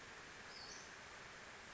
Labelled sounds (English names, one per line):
Western Flycatcher